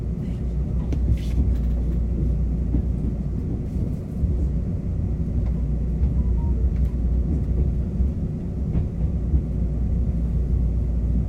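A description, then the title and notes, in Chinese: A steady, heavy low rumble fills the scene at Tainan railway station, dense and continuous with a deep hum underneath. Brief scattered clicks and knocks surface throughout, and faint speech-like sounds blend into the constant mechanical drone. 台南火車站與台鐵之上。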